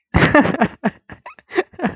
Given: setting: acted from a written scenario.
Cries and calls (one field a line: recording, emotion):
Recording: vocal sound without words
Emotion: amusement